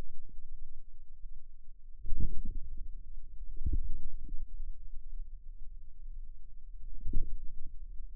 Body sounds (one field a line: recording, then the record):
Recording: forearm muscle sounds (acoustic myography)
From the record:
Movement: inward rotation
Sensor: system 2, bracelet of six BSWA MPA416 microphones around the upper forearm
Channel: 6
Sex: female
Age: 23 years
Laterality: right